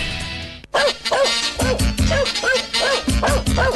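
A dog barks in a quick, steady series of short, high-pitched yaps, loud and clear, with no talking over them.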